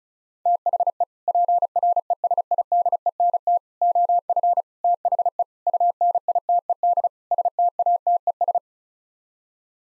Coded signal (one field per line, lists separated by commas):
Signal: Morse code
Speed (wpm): 34 wpm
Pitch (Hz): 700 Hz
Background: none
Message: THE PRESIDENT OF THE UNITED STATES